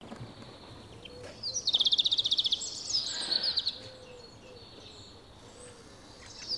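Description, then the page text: Common chaffinch song opening with a rapid, even high trill followed by a few scattered chirps; soft lower call notes repeat in the background. Wild individual in pre-breeding season with a highly aberrant repertoire; 173 songs of nine song types recorded, with elements resembling wren and nuthatch imitations and unusual song syntax. "Chaffinch Fringilla coelebs. Ornis Fennica"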